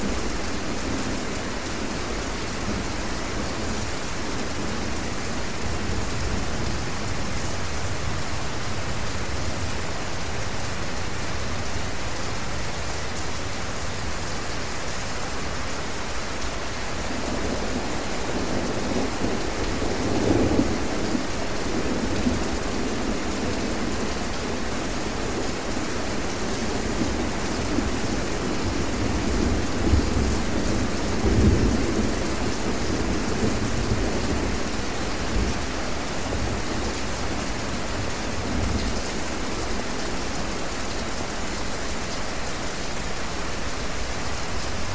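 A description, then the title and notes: Steady, dense rain hisses evenly across the whole clip at a constant level. From about seventeen seconds a low rumble of thunder rolls underneath, swelling around twenty and again near thirty to thirty-two seconds before easing toward the end. Thunderstorm Sleep Sounds + Rain White Noise.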